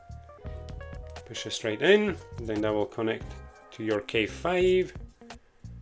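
Someone talks while handling a wooden K5 piece of a ROKR Marble Spaceport marble run model, pushing it straight into the frame, with faint music underneath. Small handling taps and rubs are heard around 0.5–1.2 s and at about 5.3 s. Nothing has seated or clicked yet when the clip ends.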